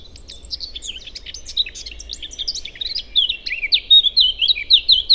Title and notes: Forêt de Chautagne - Serrières-en-Chautagne, France - Fauvette à tete noire. j'enregistre "au vol" ces fauvettes à tete noire. Merci à Marc Namblard pour les identifications